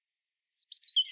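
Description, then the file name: European robin song fragment: a brief series of high, sliding twittering notes, ending in a thin wavering tone. "Erithacus rubecula"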